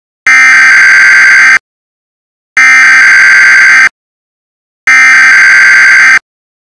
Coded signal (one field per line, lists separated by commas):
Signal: Emergency Alert System (SAME) tones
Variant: header bursts